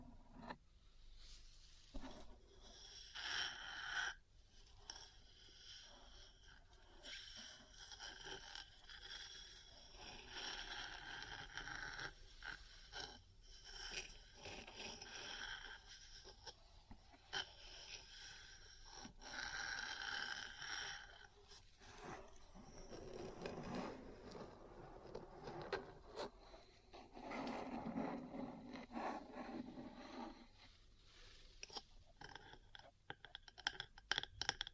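Metal parts scrape and tap in a close, busy stream of bright rasping strokes, with brief pauses and sharp clicks scattered throughout.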